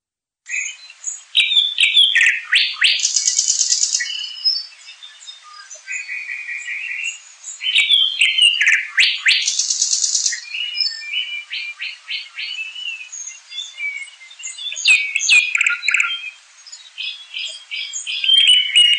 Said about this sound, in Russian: Соловьи.